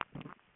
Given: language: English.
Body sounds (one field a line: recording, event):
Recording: throat vibration sensor signal played as sound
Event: swallow